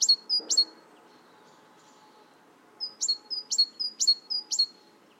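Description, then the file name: Great tit calling with bright, high two-note phrases, a thin upper note then a sharp lower stroke, given in two bursts separated by a pause of about two seconds. "Parus major"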